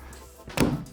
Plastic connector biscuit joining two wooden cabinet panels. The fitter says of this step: Click into place and pretty sturdy, just like that.